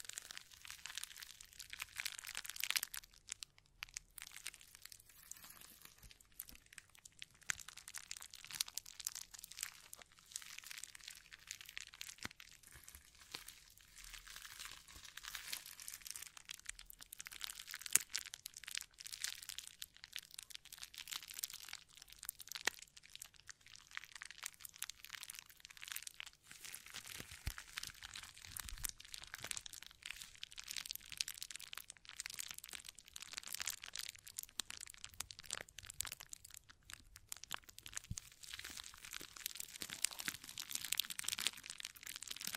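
Hands scratch and brush over a microphone in a dense, continuous crackle that sounds like crinkling or crunching, bright and hissy with little low end. Occasional sharper taps and clicks stand out, around 3, 18 and 27 seconds, without a regular beat.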